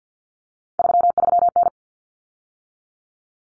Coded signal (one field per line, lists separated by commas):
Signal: Morse code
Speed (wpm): 50 wpm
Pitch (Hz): 700 Hz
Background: none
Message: 33N